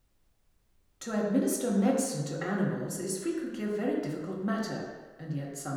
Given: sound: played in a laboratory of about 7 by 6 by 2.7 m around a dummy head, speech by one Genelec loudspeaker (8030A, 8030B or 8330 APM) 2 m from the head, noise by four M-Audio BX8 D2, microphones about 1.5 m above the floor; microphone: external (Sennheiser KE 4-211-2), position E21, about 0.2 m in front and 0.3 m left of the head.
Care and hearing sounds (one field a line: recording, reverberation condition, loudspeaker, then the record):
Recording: female speech in English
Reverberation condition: high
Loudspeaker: 60 degrees to the left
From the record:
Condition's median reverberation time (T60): about 1300 ms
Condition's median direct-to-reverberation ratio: about -4.0 dB